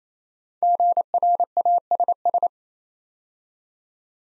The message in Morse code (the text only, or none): GRASS